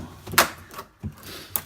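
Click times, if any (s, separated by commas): 0.4 s, 1.6 s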